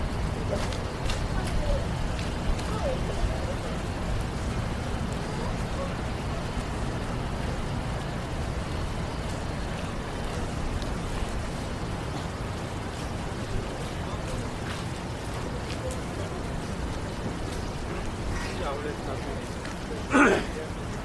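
A rainy downtown street at night, with a steady low rumble of traffic and a dense wash of light rain running the whole time. Murmured voices drift in and out beneath it, and a short, sharp clatter stands out near the end.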